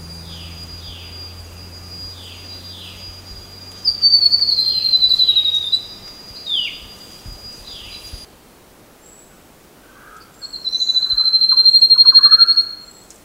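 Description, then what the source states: Grey-throated babbler with a series of thin falling notes and a high descending trill, followed by another trill after a brief lull; continuous shrill insect tone early on. Recorded 13 August 2009.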